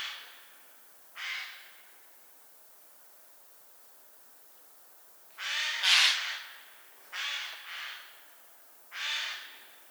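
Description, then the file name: Eurasian jay giving scattered rasping screeches, a couple early, then a loud burst of several harsh calls after a quiet spell. "Garrulus glandarius"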